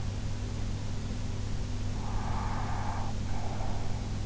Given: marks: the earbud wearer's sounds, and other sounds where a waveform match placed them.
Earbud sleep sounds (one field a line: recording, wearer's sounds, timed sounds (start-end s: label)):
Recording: sounds in sleep by an in-ear microphone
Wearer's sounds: breath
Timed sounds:
2.03-3.93 s: breath